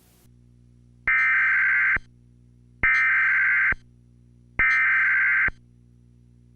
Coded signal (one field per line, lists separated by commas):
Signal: Emergency Alert System (SAME) tones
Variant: header bursts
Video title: 1997 PBS Puppet Club Tornado EAS warning